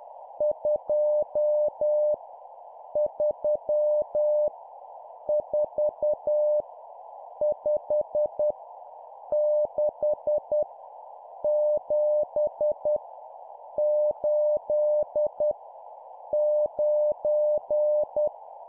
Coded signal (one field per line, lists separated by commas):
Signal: Morse code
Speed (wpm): 10 wpm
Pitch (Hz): 600 Hz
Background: none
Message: 2 3 4 5 6 7 8 9